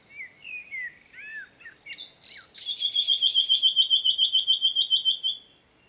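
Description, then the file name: Common nightingale song beginning with varied slurred whistles, then a long, loud, evenly repeated trill of fast pulsed notes that fades away. "Luscinia megarhynchos"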